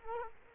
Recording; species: mosquito wingbeat signal from an infrared sensor; Culex quinquefasciatus